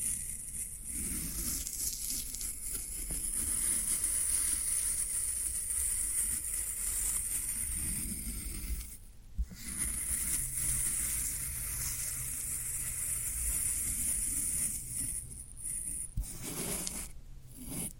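Floral foam being worked, a steady bright fizzing hiss over low rumbling, broken by short pauses near nine and sixteen seconds.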